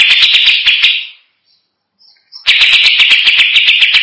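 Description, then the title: Greater green leafbird song of harsh, pulsing, buzzy rasps broken by a brief pause with faint thin notes. "Cucak ijo"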